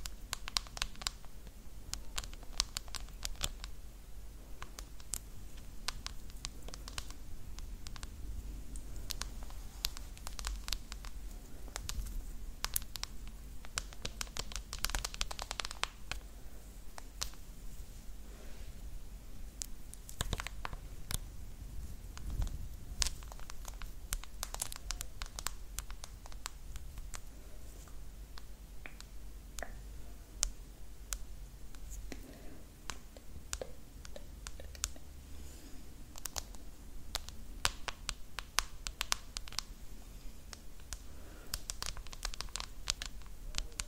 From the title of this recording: ASMR Hair Play